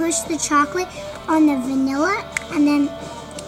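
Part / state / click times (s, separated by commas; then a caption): toy ice cream scoop onto another toy scoop / not seated / none. A plastic toy chocolate ice cream scoop is being handled to go onto a toy vanilla scoop while someone talks throughout. Nothing has snapped or seated yet by the end of the clip.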